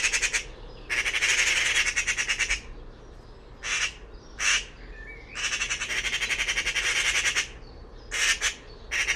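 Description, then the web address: Bird giving loud, harsh rasping squawks in bursts of varying length, some over a second long, with short gaps between them. "cianscape birddata Deverinetal 2025"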